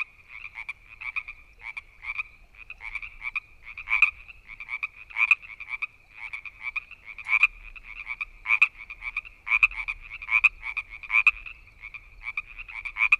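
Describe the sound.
Frog: a steady series of short rattling calls, some louder than others.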